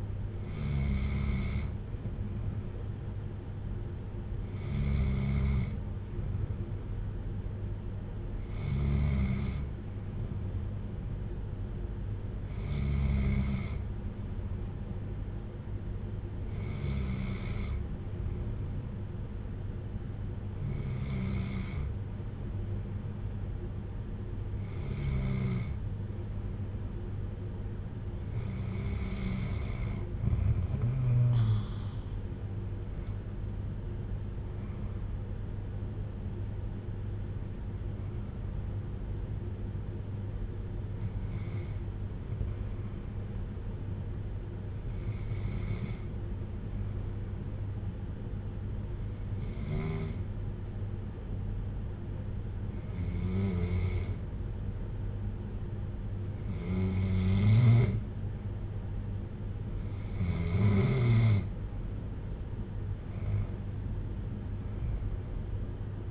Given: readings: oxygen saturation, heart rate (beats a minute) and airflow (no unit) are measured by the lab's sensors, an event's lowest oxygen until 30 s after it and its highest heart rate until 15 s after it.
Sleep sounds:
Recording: breathing in sleep by a smartphone at the bedside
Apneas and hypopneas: 1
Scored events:
46.00-60.20 s: hypopnea (N2, oxygen 95% highest, then 91% lowest)
From the record:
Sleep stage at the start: N2 (light sleep)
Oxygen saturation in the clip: 93 to 95%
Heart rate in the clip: 56 to 65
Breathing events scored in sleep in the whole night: 310 in 8.1 hours asleep

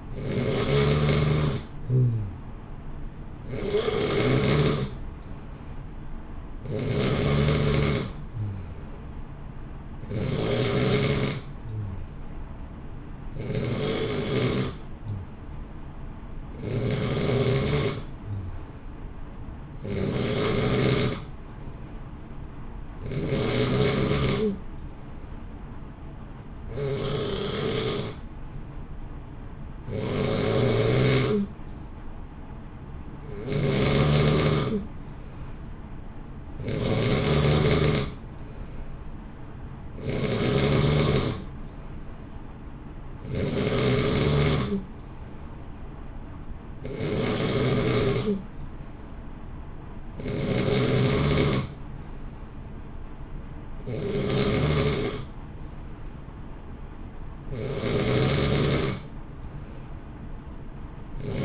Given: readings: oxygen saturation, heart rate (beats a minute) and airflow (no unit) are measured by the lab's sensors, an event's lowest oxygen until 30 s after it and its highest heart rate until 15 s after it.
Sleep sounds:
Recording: breathing in sleep by a smartphone at the bedside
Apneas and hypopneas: none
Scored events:
none scored
From the record:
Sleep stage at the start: N3 (deep sleep)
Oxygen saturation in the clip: 89 to 91%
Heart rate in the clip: 57 to 63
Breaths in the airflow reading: 19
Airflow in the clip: -0.8 to 1.1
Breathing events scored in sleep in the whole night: 328 in 6.3 hours asleep

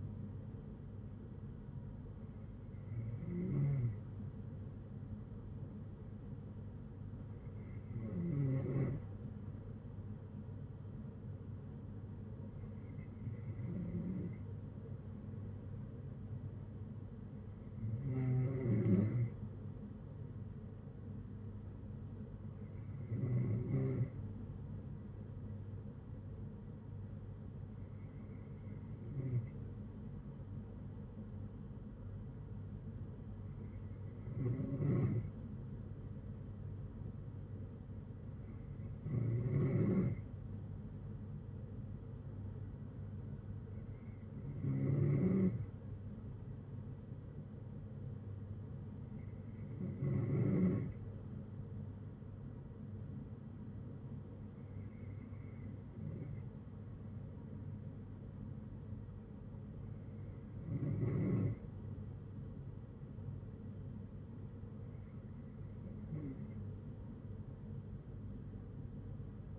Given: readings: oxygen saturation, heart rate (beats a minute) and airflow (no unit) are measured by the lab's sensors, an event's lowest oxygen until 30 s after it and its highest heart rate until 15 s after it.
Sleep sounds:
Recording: breathing in sleep by a smartphone at the bedside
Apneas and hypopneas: none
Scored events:
5.00-65.00 s: new sleep stage, N3 (deep sleep)
65.00-69.59 s: new sleep stage, N2 (light sleep)
From the record:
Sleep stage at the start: N2 (light sleep)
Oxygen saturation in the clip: 93 to 94%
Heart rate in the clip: 59 to 69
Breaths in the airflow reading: 13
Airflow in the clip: -8.0 to 5.8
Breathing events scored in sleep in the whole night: 182 in 7.4 hours asleep

